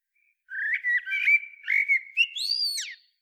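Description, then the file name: Common blackbird singing a single mellow, whistled phrase of rich warbles that ends in thin, high rising and falling squeaks, with a quiet background. "Turdus merula"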